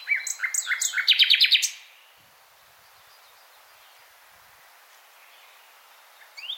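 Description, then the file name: Common nightingale song: a rich burst of varied whistles and a fast run of loud repeated clicks over under two seconds, then quiet, with another phrase starting at the end. "Luscinia megarhynchos"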